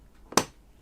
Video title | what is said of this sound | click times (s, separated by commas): How To Install Arctic Freezer 36 ARGB CPU Cooler Intel LGA1700 Socket | you can hear that click, and then you can do it sort of 1, 2, 3, | 0.4 s